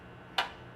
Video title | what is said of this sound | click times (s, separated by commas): Firing Line Gun Shop and Gun Range - AR15 Assembly | let your finger off the trigger you should feel and hear a click | 0.4 s